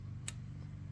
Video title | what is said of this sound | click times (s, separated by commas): Spark Plugs and Coil Wires Replacement Guide - 2001 - 2007 Town & Country | you can hear that click, and then just shove it back there without | 0.3 s